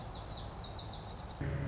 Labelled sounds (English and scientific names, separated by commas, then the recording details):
Lazuli Bunting (Passerina amoena)
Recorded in Sonoma County, California